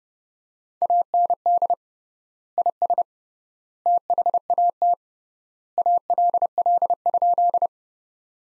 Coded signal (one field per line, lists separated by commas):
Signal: Morse code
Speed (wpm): 30 wpm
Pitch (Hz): 700 Hz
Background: none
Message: AND IS THAT ALL?